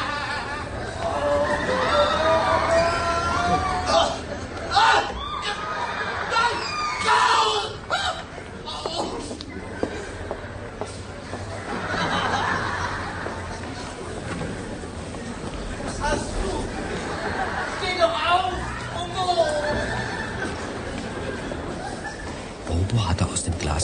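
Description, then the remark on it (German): A circus audience murmurs and chatters restlessly, a steady babble of many voices with occasional louder calls and children's shouts rising above it throughout. “Die Zuschauer wurden unruhig.”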